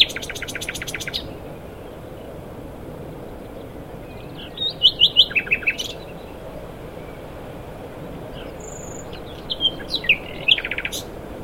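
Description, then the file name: Common nightingale song with a fast rattling series of repeated notes, then varied chirping and whistled phrases, set against constant low traffic-like rumble. "Luscinia megarhynchos"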